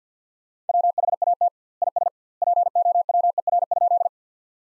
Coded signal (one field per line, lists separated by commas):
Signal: Morse code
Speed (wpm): 50 wpm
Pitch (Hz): 700 Hz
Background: none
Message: WHAT IS POWER?